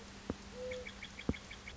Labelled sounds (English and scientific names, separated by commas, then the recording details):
Mourning Dove (Zenaida macroura)
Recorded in Sonoma County, California